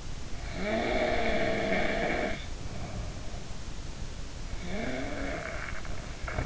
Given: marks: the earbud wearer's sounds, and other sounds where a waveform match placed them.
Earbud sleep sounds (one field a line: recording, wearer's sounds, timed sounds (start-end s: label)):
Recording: sounds in sleep by an in-ear microphone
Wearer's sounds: snoring breath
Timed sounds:
0.55-3.44 s: snoring breath
4.71-6.46 s: snoring breath